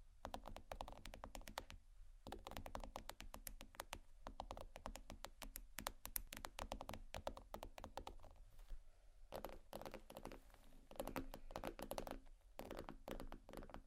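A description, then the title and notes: Fingernails tap and scratch on bags in quick, dense runs of sharp, crisp clicks with a faint crinkle. Short pauses come near two, nine and twelve seconds before the tapping resumes. A low, steady hum sits underneath throughout. ASMR Tappingscratching Galore 4 Bags (No Talking).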